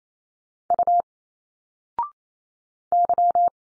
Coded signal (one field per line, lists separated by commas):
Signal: Morse code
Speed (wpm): 28 wpm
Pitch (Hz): 700 Hz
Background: none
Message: U Y